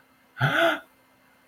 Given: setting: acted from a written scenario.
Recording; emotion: vocal sound without words; awe